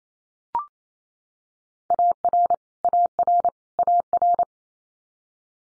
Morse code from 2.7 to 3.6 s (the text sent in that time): AR